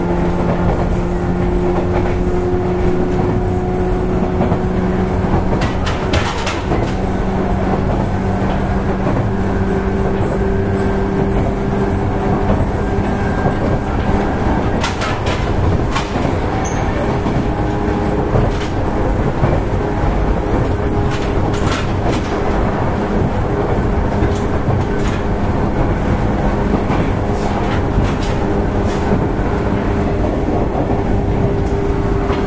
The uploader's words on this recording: JR西日本 105系電車の走行音です。 万葉まほろば線（桜井線）のワンマン普通列車で録音しました。 区間は、奈良から畝傍までです。 Running sound of JR West 105 series train.